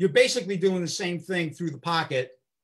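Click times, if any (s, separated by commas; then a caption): none. A weight pocket clip is being handled by hand on its way into a harness buckle, where it is to be squeezed together to lock. Only someone talking is heard over about 2.3 seconds, followed by silence. Nothing has seated or clicked yet.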